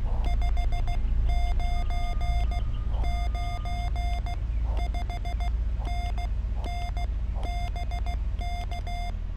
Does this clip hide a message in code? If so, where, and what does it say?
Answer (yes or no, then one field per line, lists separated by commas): yes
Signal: Morse code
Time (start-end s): 0.3-9.1 s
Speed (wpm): 16 wpm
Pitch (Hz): 700 Hz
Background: none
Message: 599 5NN BK